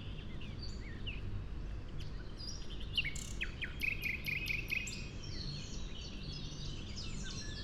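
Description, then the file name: Common nightingale song, a busy run of varied high chirps, trills and short whistled notes, with steady low background rumble. "Luscinia megarhynchos"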